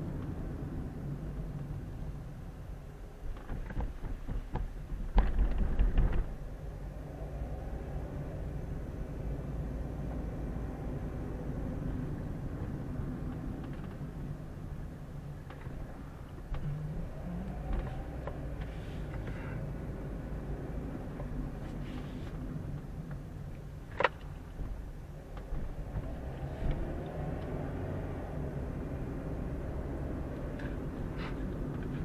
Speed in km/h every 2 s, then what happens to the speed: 21, 6, 6, 13, 20, 24, 24, 14, 11, 17, 22, 16, 10, 18, 27, 31.
0-2 brakes to 6. 4-10 speeds up to 24. 12-15 brakes to 11. 15-20 speeds up to 22. 20-24 slows to 10. 24-29 speeds up to 31.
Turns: none.